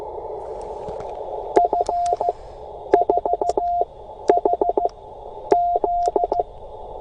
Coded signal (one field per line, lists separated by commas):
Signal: Morse code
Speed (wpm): 15 wpm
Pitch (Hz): 700 Hz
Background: radio noise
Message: F4HZ